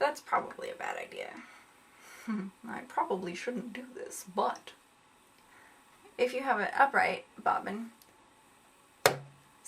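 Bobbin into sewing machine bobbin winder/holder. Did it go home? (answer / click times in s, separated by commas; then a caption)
yes / 9.1 s. A metal or plastic sewing machine bobbin is pushed into its upright holder on the bobbin winder until it clicks, seating in the bobbin case. Someone talks for most of the clip, then a single sharp click is heard at 9.1 seconds as the bobbin snaps into place.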